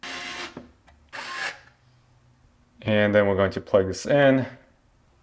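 An RJ45 Ethernet plug is handled at the port of a wall-mounted Ubiquiti U7 Pro Wi-Fi access point on its flush in-wall mount, with brief handling sounds at about 0.6 s and 0.9 s while someone talks. The plug has not yet gone home, so nothing has seated or clicked yet.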